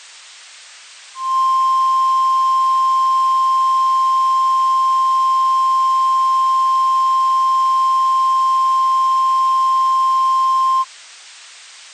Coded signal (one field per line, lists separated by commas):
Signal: Emergency Alert System (SAME) tones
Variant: 1050 Hz attention tone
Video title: EAS Mock 19: Severe T-Storm Warning interrupts 97.3 FM